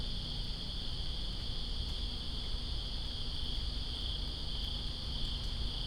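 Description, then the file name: Crickets in a steady, unbroken high-pitched trilling chorus, with rain hissing and pattering continuously underneath. Recorded in Greensboro on September 2, 2017, during rain. "Greensboro Crickets And Rain September 02 2017"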